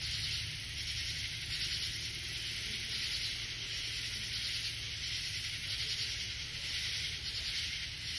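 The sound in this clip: Katydid calling with raspy pulsed bursts at irregular spacing.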